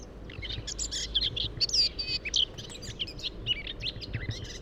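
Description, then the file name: Eurasian blackcap: songbird warbling with fast mixed whistles and chatters, somewhat blurred against steady background noise. "Sylvia atricapilla"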